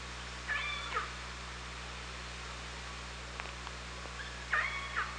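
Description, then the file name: Orca calls underwater: a pulsed, wavering call near half a second and a brighter one near four and a half seconds, with faint clicks between, over hiss and hum. Hydrophone at OrcaLab, 24 August 2017, 18:46. "Orca Lab UTLN JASON 20170824 184616"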